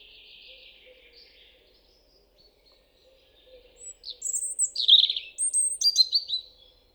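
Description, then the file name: European robin singing, a soft wavering high phrase fading out, then after a pause a louder burst of sharp, quickly changing whistles and trills. "Erithacus rubecula"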